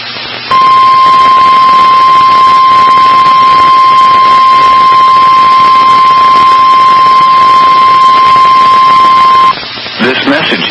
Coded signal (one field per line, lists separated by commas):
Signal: Emergency Alert System (SAME) tones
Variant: 1050 Hz attention tone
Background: speech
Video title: A test and a drill?! Tornado Drill and I think an RWT on KDO89 St. Louis, MO (EAS #96-#97)